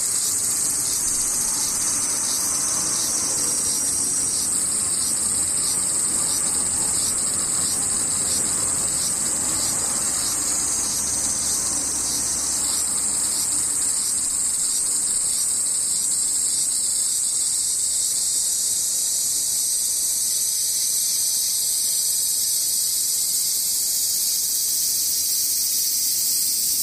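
Cicadas drone in a dense, unbroken shrill chorus that stays bright and steady through the whole recording. For roughly the first fifteen seconds a faint low rumble sits underneath, likely distant traffic, then it fades and only the insects remain.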